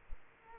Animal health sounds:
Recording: mosquito wingbeat signal from an infrared sensor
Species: Aedes aegypti

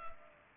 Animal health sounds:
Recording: mosquito wingbeat signal from an infrared sensor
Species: Culex pipiens

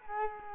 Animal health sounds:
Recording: mosquito wingbeat signal from an infrared sensor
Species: Culex quinquefasciatus

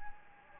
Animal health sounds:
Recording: mosquito wingbeat signal from an infrared sensor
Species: Anopheles gambiae

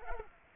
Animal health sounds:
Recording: mosquito wingbeat signal from an infrared sensor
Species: Culex pipiens

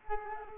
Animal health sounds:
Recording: mosquito wingbeat signal from an infrared sensor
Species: Culex quinquefasciatus

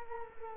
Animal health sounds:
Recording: mosquito wingbeat signal from an infrared sensor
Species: Culex quinquefasciatus

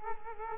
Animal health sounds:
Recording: mosquito wingbeat signal from an infrared sensor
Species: Culex quinquefasciatus

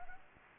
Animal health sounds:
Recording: mosquito wingbeat signal from an infrared sensor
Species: Anopheles gambiae

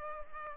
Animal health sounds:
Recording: mosquito wingbeat signal from an infrared sensor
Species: Culex pipiens

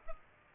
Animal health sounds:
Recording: mosquito wingbeat signal from an infrared sensor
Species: Culex pipiens

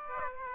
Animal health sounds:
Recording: mosquito wingbeat signal from an infrared sensor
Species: Aedes aegypti

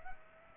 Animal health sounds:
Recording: mosquito wingbeat signal from an infrared sensor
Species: Aedes aegypti

